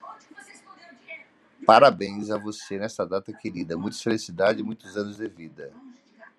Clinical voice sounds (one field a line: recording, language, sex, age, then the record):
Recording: short text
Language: Brazilian Portuguese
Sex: female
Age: 50 to 59 years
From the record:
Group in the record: control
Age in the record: 51 years